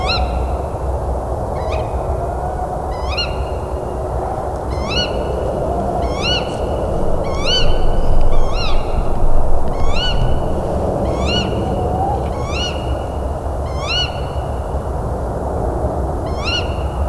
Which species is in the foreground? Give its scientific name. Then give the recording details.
Strix aluco. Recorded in the wild. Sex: pair. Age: adult. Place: Altsorgefeld, NSG Rochauer Heide, Brandenburg, DE. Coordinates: 51.7842, 13.555. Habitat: wood. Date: 2007-03-08 20:22. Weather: bedeckt, 7-8 °C, schwacher Wind. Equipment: Sound Devices 702, Sennheiser MKH 70, Windkorb. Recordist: Frommolt, Karl-Heinz